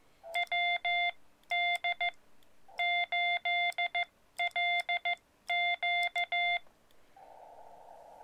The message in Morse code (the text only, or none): WD8LQ